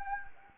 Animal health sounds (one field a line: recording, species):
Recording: mosquito wingbeat signal from an infrared sensor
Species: Anopheles gambiae